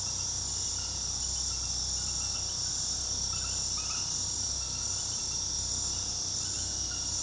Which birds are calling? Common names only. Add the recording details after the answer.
none. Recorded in pastures near Puerto Asís, Putumayo, Colombia, on 21 February 2024 at 23:00. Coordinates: 0.486, -76.323. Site G6462